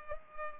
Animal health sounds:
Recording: mosquito wingbeat signal from an infrared sensor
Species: Culex pipiens

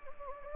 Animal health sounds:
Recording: mosquito wingbeat signal from an infrared sensor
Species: Anopheles gambiae

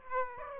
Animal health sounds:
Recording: mosquito wingbeat signal from an infrared sensor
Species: Aedes aegypti

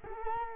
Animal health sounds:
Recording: mosquito wingbeat signal from an infrared sensor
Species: Culex quinquefasciatus

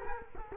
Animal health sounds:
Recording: mosquito wingbeat signal from an infrared sensor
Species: Culex quinquefasciatus

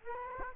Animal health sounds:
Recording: mosquito wingbeat signal from an infrared sensor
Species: Culex quinquefasciatus

